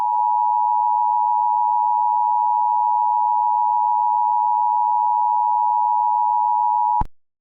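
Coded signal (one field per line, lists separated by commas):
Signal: Emergency Alert System (SAME) tones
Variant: 853 and 960 Hz attention tone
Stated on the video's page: Fictional EAS scenario.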